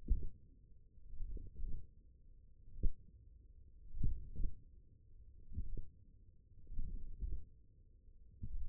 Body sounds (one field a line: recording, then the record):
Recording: forearm muscle sounds (acoustic myography)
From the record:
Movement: wrist extension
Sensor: system 1, eight BSWA MPA416 microphones around the upper forearm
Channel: 7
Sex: female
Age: 22 years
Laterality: right